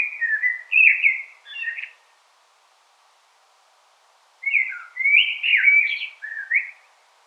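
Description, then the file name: Common blackbird singing two rich, flowing whistled phrases with quick twists, separated by a silent gap of about two seconds. "Turdus merula"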